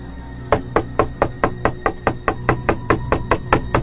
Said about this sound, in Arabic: صحيت على صوت حاجة زي خبط متواصل، زي ما يكون حد بيدق حاجة في باب أو مش عارف، صوت بعيد ويقرب ويبعد ويقرب، لحد ما حسيت إن الصوت فوق دماغي، فتحت عينيا بصعوبة.